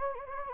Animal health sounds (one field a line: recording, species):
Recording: mosquito wingbeat signal from an infrared sensor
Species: Anopheles gambiae